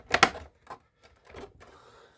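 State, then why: Not seated. A plastic internal part is handled while being refitted into a coffee capsule machine. Two sharp plastic knocks come at about 0.1 and 0.2 s, followed by softer handling rustles near 0.7 s and 1.3 to 1.5 s. The part has not snapped into place yet, and nothing has seated by the end of the clip.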